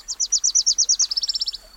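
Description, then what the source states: Wilson's Warbler song, a quick run of high sharp chips that speeds up and drops slightly in pitch halfway, ending in a tight chatter. Tiny bright yellow bird, males look like they wear a little black beret; nests in summer in western forests and Canada's boreal zone; migrates south to Central America by night, navigating by the stars.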